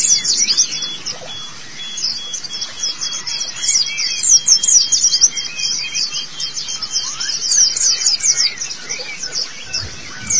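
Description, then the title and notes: White-eye song, bright twittering in quick bursts of high chirps, with a thin steady whistle-like tone underneath for most of the stretch, then a brief pause near the end. Long-duration white-eye chirping song. "Kicauan Burung Pleci Durasi Panjang. Suara kicauan burung pleci"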